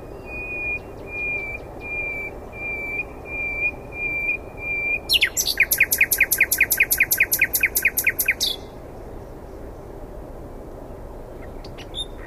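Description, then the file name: Common nightingale song: soft whistled notes repeated steadily, building to a loud rapid volley of hard notes, then quiet. "Luscinia megarhynchos"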